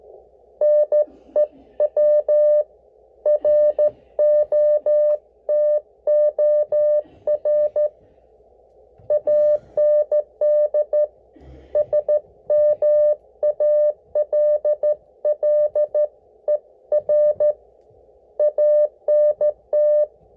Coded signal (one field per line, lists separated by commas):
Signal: Morse code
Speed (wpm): 14 wpm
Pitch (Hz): 600 Hz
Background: none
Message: NEW ROTOR AND SMALLER ANT